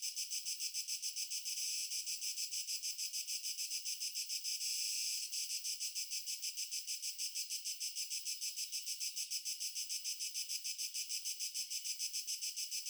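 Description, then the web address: Cricket chorus of continuous shrill chirping in rapid regular pulses, briefly swelling in intensity twice, otherwise unchanging. Nature ambience with crickets. "Stefano Cremona - Pure Nature Ambiences Crickets"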